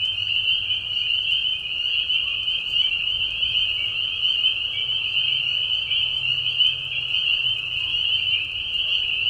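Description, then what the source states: Spring peeper chorus of many frogs, high piping whistles overlapping without a break, joined by a soft low rumble at times. Spring peepers in a marsh at night during a short spring breeding season, giving mating calls as high whistles at low volume; Tiny Marsh Conservation Area, Tiny, Ontario.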